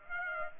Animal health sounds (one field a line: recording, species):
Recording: mosquito wingbeat signal from an infrared sensor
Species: Aedes aegypti